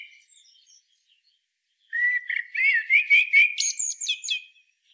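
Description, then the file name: Common blackbird song: a short burst of high, twittering, squeaky notes lasting about two and a half seconds, with faint scattered chirps before it. "Turdus merula"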